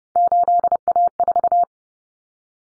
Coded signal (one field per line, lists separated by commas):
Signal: Morse code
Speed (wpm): 30 wpm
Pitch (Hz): 700 Hz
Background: none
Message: 8A4